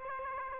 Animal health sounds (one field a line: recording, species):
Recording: mosquito wingbeat signal from an infrared sensor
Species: Aedes aegypti